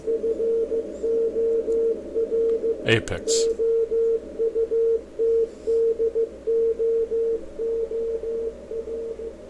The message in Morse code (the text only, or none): FORE OUTDOOR